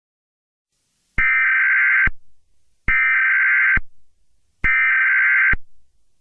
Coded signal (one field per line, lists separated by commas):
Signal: Emergency Alert System (SAME) tones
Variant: header bursts